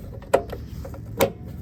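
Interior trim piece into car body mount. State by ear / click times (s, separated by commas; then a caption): seated / 0.3 s, 1.2 s. A used interior trim piece taken from a donor car is pressed into its mounting on a Suzuki Cappuccino's body. Quiet handling rustles and small taps lead up to two sharp plastic clip snaps at 0.3 s and 1.2 s as the clips lock home. The trim piece pops into place and is seated.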